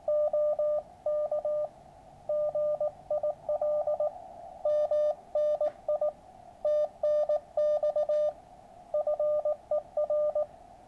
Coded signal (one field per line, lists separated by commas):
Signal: Morse code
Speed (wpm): 19 wpm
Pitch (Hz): 600 Hz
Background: radio noise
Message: OK GIL MNI TNX FER